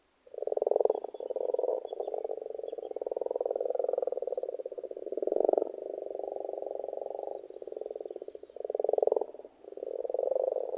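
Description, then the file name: Frogs croaking continuously, a dense chorus of fast pulsed rattles with louder surges at the start, middle and end. Several frogs calling in a pond. "benboncan frogs-in-a-pond"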